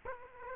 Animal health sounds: mosquito wingbeat signal from an infrared sensor; Culex quinquefasciatus

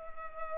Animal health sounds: mosquito wingbeat signal from an infrared sensor; Culex pipiens

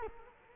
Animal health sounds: mosquito wingbeat signal from an infrared sensor; Culex quinquefasciatus

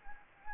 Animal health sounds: mosquito wingbeat signal from an infrared sensor; Anopheles gambiae

